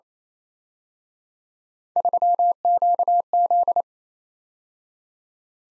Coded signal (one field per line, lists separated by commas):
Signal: Morse code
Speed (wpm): 34 wpm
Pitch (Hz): 700 Hz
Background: none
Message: 3QZ